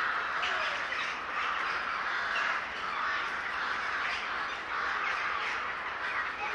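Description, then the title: Birds calling together in a large flock, an unbroken noisy chorus of overlapping calls. A large gathering of birds in a city park in Łódź, Poland. "Ptaki W Parku Im. S. Staszica W Łodzi"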